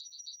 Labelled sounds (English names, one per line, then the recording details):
Yellowhammer song
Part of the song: start
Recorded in the Czech Republic on 1 June 2014
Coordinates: 49.877, 13.867
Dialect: BhBl
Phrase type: B41
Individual h027